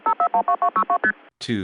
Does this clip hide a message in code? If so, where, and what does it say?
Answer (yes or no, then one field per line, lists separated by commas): yes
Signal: multi-frequency trunk signalling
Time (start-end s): 0.1-1.1 s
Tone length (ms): 80 ms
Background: speech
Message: 5412262ST